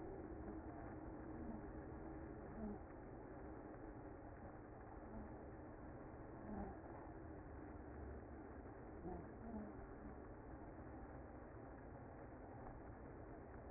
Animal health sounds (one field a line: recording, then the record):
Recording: honeybee colony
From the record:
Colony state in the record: active